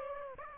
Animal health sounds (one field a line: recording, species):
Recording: mosquito wingbeat signal from an infrared sensor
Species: Aedes aegypti